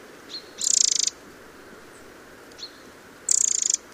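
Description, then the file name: Eurasian wren calls: two fast, high rattling bursts of clicking notes, each about half a second, each preceded by a faint thin tick. "Troglodytes troglodytes"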